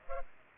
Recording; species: mosquito wingbeat signal from an infrared sensor; Culex pipiens